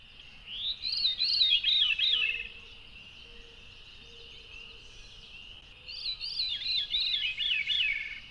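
Veery song: two descending, spiralling phrases of ringing, fluty notes cascading downward, separated by a few seconds of quiet.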